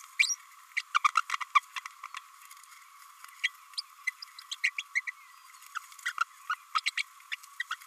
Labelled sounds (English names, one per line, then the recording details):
Green-rumped Parrotlet babbling
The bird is a female
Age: 27 days
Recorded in a nest box in Venezuela
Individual 17B32A5